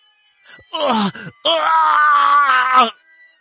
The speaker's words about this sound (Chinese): 莫凡像野兽一样嘶吼了起来，浑身火焰和雷电完全不受控制的在周围狂舞着。